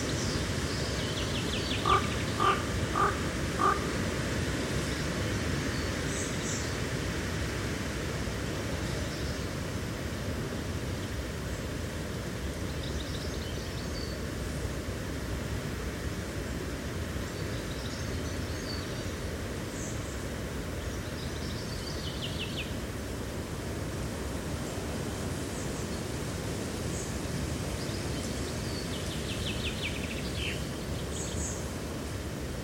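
Outdoor field recording at Badbury Rings, Dorset, in summer. A steady, dense low rumble, like wind or traffic, runs throughout, with a quick run of four or five chirps near the start and faint, high bird calls scattered every few seconds.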